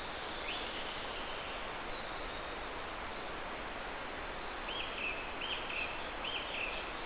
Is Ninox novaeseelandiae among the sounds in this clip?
no